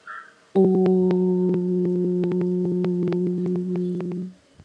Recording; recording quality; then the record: sustained vowel as in boot; moderate, slight background noise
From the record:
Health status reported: healthy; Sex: female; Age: 43 years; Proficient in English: yes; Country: India